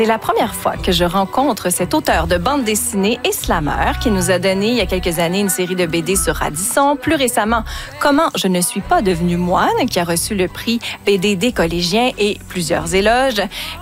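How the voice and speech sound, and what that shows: An adult woman, a radio host, speaks fluent French at a steady, brisk pace with smooth, clear voicing and few pauses; ordinary speech.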